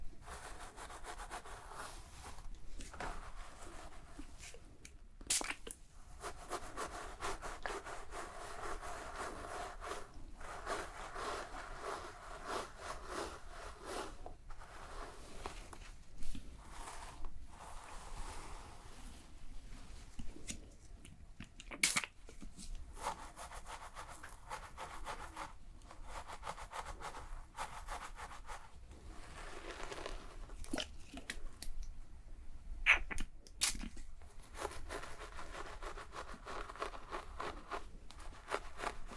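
Shampoo lathering and hair brushing make a steady, dense rubbing and scratching, broken by short sharp strokes every few seconds throughout.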